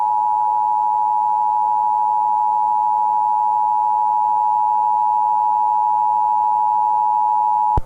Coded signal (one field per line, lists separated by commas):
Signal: Emergency Alert System (SAME) tones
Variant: 853 and 960 Hz attention tone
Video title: EAS Scenario // The Dark Watchers //